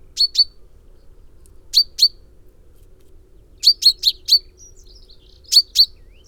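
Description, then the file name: Common chaffinch call notes, sharp and metallic, delivered in quick clusters of two to four with short gaps between. "Fringilla coelebs"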